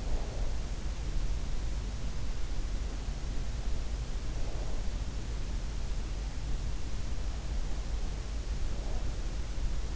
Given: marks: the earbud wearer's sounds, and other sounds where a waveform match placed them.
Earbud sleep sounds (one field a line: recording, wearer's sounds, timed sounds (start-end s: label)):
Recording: sounds in sleep by an in-ear microphone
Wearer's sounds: breath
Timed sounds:
0.00-0.73 s: breath
4.10-5.09 s: breath
8.27-9.36 s: breath